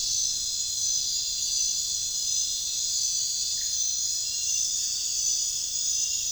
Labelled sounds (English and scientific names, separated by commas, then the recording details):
none
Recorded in pastures near Puerto Asís, Putumayo, Colombia, on 22 June 2025 at 23:00
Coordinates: 0.466, -76.322
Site GP07